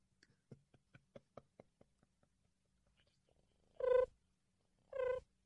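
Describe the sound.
A person mimics cricket chirping: a quick run of soft, clicking chirps that fade out, then two louder, drawn-out tonal chirps after a brief pause. No one speaks.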